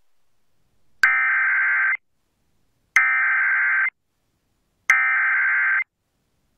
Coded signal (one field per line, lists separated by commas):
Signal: Emergency Alert System (SAME) tones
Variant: header bursts